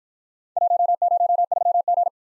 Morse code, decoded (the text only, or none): 103G